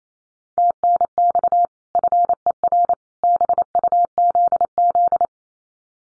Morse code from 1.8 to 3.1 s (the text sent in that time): FER